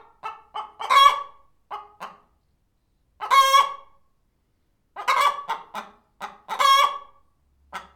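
Chicken clucking, a few low short clucks leading into loud drawn-out harsh cackles, with irregular pauses between the bursts.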